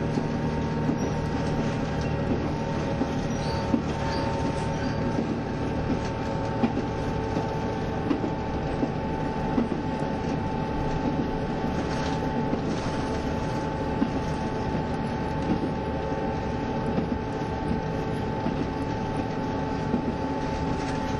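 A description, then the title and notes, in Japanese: Running sound inside a KiHa 72 series Yufuin no Mori diesel train, a steady low rumble and engine drone with sustained tones holding level throughout. Small clicks and rattles from the wheels and car body scatter across the whole stretch without any break. キハ72系 ゆふいんの森06号01 由布院～うきは。走行音。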